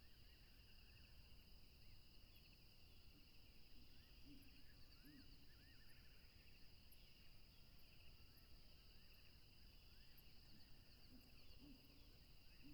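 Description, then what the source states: Crickets keep up a constant shrill double-pitched trill, with scattered swooping notes, faint high ticks and a few soft low notes. Crickets recorded at a tropical river.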